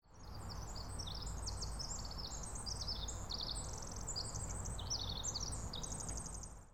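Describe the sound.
Bird calls: many short high chirps and trills, overlapping in a dense chorus throughout, over a steady low rumble of background noise.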